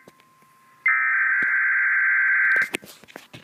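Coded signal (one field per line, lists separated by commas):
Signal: Emergency Alert System (SAME) tones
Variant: header bursts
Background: speech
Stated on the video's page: Live-voice Required Weekly Test EAS alert.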